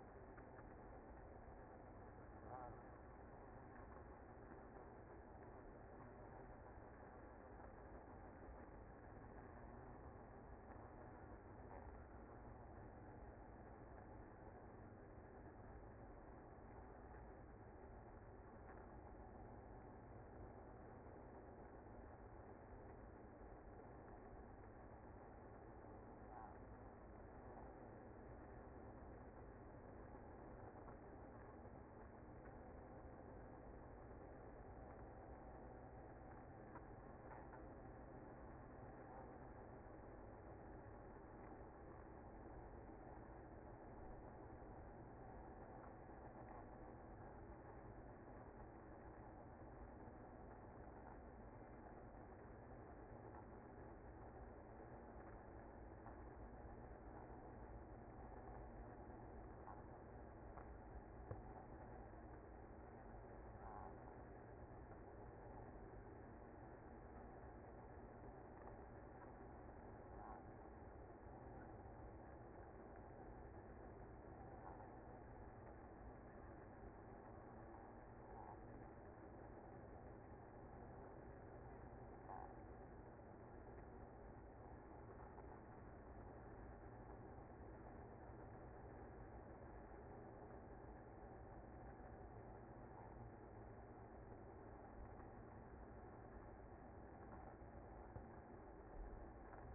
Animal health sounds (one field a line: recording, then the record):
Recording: honeybee colony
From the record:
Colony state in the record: active